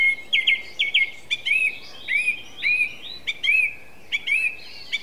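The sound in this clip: Song thrush song with a short looping whistled motif repeated again and again, separated by sharp clicks, steady rhythm.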